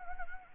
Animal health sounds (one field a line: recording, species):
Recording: mosquito wingbeat signal from an infrared sensor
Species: Anopheles arabiensis